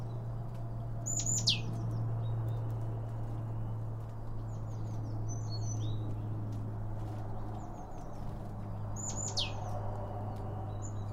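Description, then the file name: Bird calls: a few high descending chirps near the start and end, with short twittering notes between, over a constant low hum. Several birds around a bird feeder, recorded with two Line Audio OM1 microphones. "Birds Around Birdfeeding With Two Om 1 From Line Audio"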